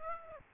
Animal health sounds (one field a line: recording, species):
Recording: mosquito wingbeat signal from an infrared sensor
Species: Aedes aegypti